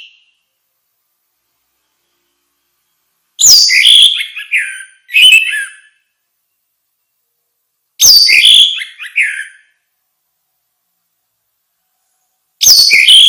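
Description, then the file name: Orange-headed thrush song made of several bursts of harsh, chattering whistled notes, with quiet gaps between groups. "suara kicau burung anis merah"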